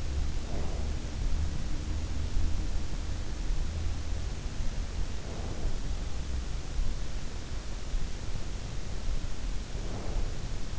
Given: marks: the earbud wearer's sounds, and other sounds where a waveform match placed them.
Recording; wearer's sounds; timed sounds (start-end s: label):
sounds in sleep by an in-ear microphone; breath
0.00-1.51 s: breath
5.04-6.19 s: breath
9.63-10.79 s: breath